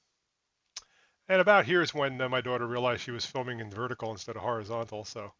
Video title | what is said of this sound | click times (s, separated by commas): Launching the Big Ass Boat On A Trailer - 300 Sundancer Sea Ray v2 | I'll get those all locked into place. | 0.8 s